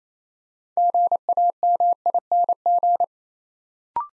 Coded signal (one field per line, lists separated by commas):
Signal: Morse code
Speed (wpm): 29 wpm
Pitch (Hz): 700 Hz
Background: none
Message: GAMING